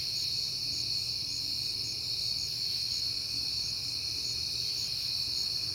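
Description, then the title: Crickets: unbroken high trilling with regular pulsed chirps, and a soft low hum underneath. Crickets at night in September, recorded on a peaceful night. "Night Time: Crickets and Passing Cars"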